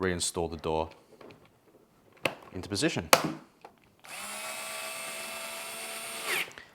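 Someone talks while refitting the plastic access door onto the housing of a BMC G3 APAP sleep therapy device, and the door seats with a sharp snap at 2.3 s. A steady whirring hum then runs from about 4.1 s to 6.6 s before fading out.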